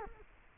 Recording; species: mosquito wingbeat signal from an infrared sensor; Culex quinquefasciatus